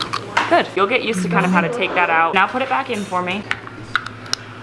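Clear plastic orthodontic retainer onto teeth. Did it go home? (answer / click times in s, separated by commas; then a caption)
yes / 4.0 s, 4.3 s. Someone talks, then a clear plastic orthodontic retainer is pushed back onto the teeth. Sharp snaps are heard at 4.0 s and 4.3 s as it seats properly.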